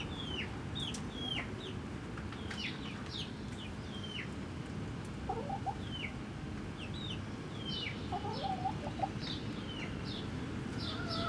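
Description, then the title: Chickens: chicks give high, thin, downward-sliding peeps over and over, with a few soft lower hen notes beneath and a steady low background rumble. Hens and chicks in a henhouse in a museum garden, Jette, Brussels, Belgium; recorded with a pair of DPA 4060 microphones in AB placement into a Zoom F3 recorder. "Atelier 34zero Museum, Jette, Bruxelles-Capitale, 1090, Belgique - Chicken house"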